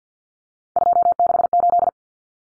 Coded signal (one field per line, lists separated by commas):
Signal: Morse code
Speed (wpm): 50 wpm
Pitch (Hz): 700 Hz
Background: none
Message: 268